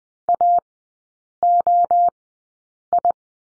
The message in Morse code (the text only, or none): AOI